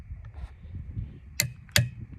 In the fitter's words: and you push down until you hear a click